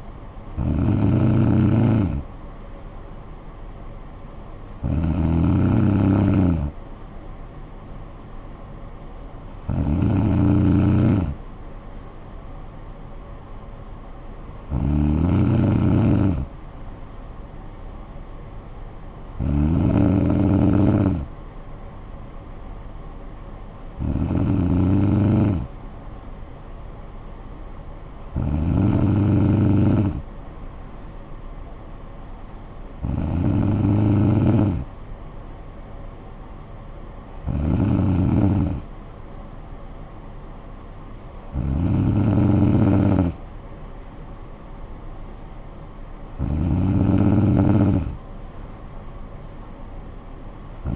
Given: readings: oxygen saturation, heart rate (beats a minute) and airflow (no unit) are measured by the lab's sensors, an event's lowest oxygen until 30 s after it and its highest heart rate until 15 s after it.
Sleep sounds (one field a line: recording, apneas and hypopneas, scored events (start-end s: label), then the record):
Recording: breathing in sleep by a smartphone at the bedside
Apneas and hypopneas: none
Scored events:
none scored
From the record:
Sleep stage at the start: N2 (light sleep)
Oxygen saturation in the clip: 94 to 95%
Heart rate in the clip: 50 to 58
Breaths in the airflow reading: 11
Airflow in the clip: -9.6 to 6.5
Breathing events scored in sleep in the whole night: 445 in 7.6 hours asleep